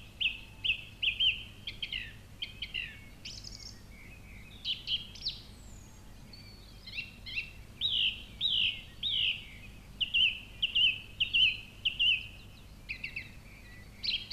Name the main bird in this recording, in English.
Song Thrush